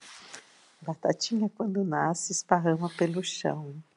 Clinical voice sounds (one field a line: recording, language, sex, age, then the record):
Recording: short text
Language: Brazilian Portuguese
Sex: female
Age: 60 to 69 years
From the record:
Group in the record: control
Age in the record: 63 years